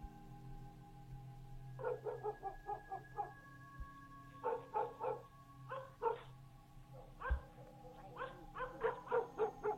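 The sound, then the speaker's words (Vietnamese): A dog barks at a gate at midnight in quick, clustered bursts, several rapid yaps in each volley with short pauses between, over a steady low background hum. “Thế nào mà khi đồng hồ điểm đúng 12 giờ đêm, nó lại trõ ra ngoài cổng mà sủa lên ầm ĩ.”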